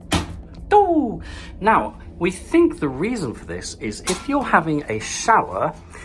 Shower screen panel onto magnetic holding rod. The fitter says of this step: there's another one here look look look I'll show you and then it will pop into place ready